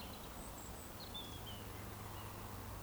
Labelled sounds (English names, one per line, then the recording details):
Eurasian Woodcock whistle
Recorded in Baden-Württemberg, Germany, on 23 June 2020 at 19:56 UTC
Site 14569, 102 m above sea level